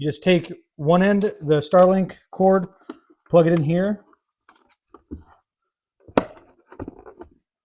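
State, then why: Seated. Someone talks, then plugs one end of the Starlink cable into the port on the Starlink dish. After a few faint handling taps, a sharp click at 6.2 s marks the connector seating in the dish port, followed by softer rustling.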